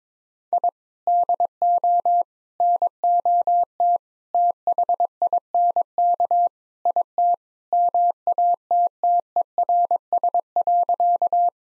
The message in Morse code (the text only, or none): I DO NOT THINK IT MATTERS.